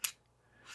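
A quick-release mounting plate slides into a monopod head clamp, and the small lock catches it with a loud, sharp click at 0.1 s, followed by near silence and a second, softer click at the end. The plate is seated and locked so it can no longer fall out or move forward.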